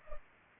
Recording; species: mosquito wingbeat signal from an infrared sensor; Culex pipiens